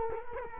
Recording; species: mosquito wingbeat signal from an infrared sensor; Culex quinquefasciatus